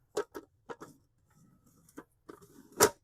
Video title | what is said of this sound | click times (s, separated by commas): The Fluffiest Sugar Cookie Dough EVER - My Secret Recipe + Freezer Tips! #everybitcountschallenge | And we're going to snap this back on. | 2.8 s